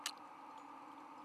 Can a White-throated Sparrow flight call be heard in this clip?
no